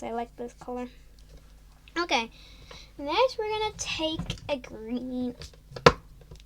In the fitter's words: that was a nice click. I always like how they're clicking in there.